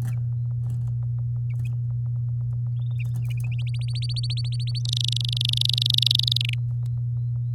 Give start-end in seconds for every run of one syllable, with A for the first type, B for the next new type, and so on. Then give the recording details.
3.74-4.79 A, 4.85-6.54 B. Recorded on 7 May 2018 at 06:23. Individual llb16